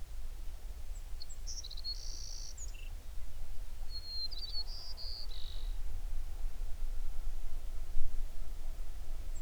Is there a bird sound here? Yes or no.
yes